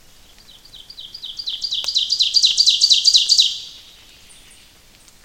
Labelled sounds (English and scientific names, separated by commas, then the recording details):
Ovenbird (Seiurus aurocapilla) song
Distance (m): 10 m
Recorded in boreal forest in Alberta, Canada, on 28 May 2016 at 08:42
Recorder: SongMeter 3, array SBT-3-49
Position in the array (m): 38 m, 187 m
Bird 15